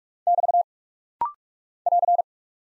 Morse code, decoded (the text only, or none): <BT> <AR>